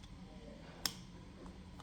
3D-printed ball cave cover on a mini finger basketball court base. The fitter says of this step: and then rotate it to snap in place.